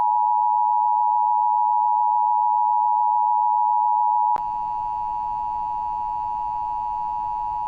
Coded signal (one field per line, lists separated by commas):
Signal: Emergency Alert System (SAME) tones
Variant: 853 and 960 Hz attention tone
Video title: EAS Scenario: Godzilla - Titans of Earth (Tripleverse 2 Part 1 - Remastered)